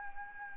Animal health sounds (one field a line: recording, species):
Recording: mosquito wingbeat signal from an infrared sensor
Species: Anopheles arabiensis